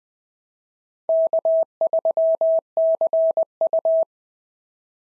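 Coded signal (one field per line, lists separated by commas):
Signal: Morse code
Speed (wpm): 20 wpm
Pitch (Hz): 650 Hz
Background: none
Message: K3CU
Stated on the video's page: Simulated POTA exchanges sent in Morse at 20 wpm as practice.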